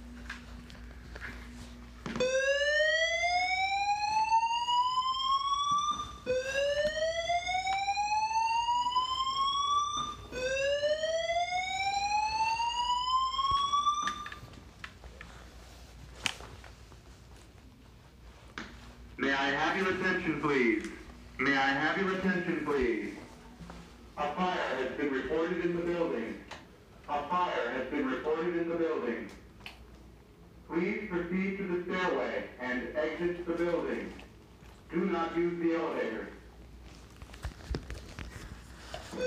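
A fire alarm sounds three times in the first fifteen seconds, each a loud rising whoop lasting about four seconds. After a short quiet pause, a man speaks in bursts through the rest of the clip over a faint low hum.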